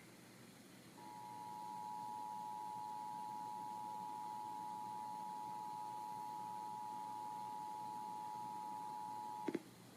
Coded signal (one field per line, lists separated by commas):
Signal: Emergency Alert System (SAME) tones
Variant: 853 and 960 Hz attention tone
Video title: [EAS #42-48] San Francisco, Sacramento, and Fresno's Required Monthly Tests